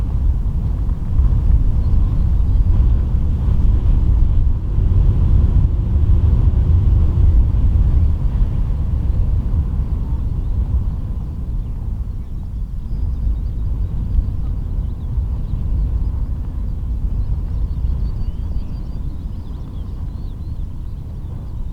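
Wind and blowing sand roar steadily around the Rubjerg Knude lighthouse, a dense low rumble strongest early on, easing slightly after twelve seconds.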